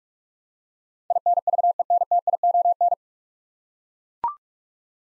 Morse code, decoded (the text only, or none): INVENTION